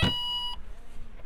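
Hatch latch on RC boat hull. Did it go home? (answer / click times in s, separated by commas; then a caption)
no / none. A hatch latch on the plastic hull of a VolantexRC Vector SR80 PRO RC boat, upgraded with a 52 mm propeller, is being handled as the hatch is closed after the radio is switched on. A steady electronic beep with bright harmonics sounds from the start to about 0.5 s, then gives way to faint, low handling rustles. Nothing has seated or clicked yet.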